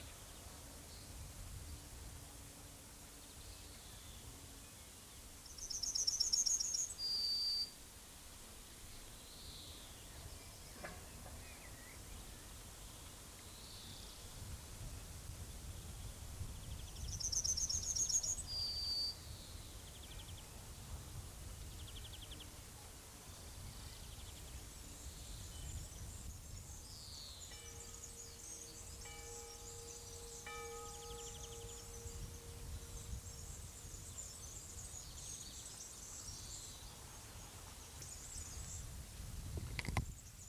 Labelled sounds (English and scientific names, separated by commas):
Yellowhammer (Emberiza citrinella) song